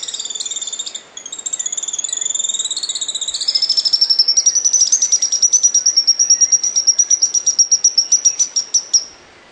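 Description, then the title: Grey-headed Spinetail with thin, very high notes at first, then a long, quick series of sharp ticking notes that holds steady before stopping abruptly. "LuckyPassaro Completos2Sama. Grey-headed Spinetail (Cranioleuca semicinerea)"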